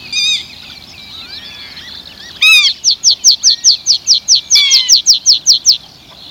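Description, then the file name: Meadow pipit song: thin wavering notes, then a rapid train of many high, down-slurred notes repeated at a steady pace. "graspieper"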